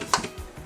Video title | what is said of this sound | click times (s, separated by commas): Replacing the seat or lid on a Clean Sense Bidet by Clear Water Bidets | pull the lid away from the body till it snaps into the hole | 0.1 s